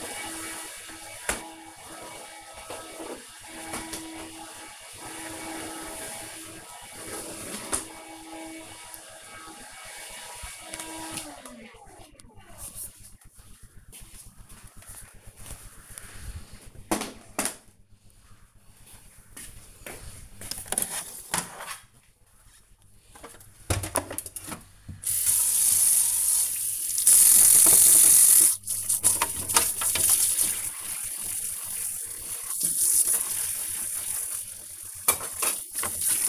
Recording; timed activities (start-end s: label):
household activities, microphone on the right wrist
0.00-11.02 s: vacuum cleaning
20.04-36.29 s: washing dishes